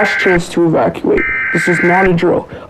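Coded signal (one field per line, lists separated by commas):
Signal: Emergency Alert System (SAME) tones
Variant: header bursts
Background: speech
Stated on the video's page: Fictional SCP scenario alert.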